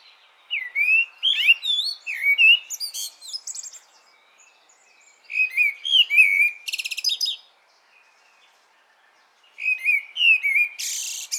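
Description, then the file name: Common blackbird song in three phrases, rich flute-like warbles followed each time by thin, buzzy high twitters, with silent gaps between phrases. "Turdus merula"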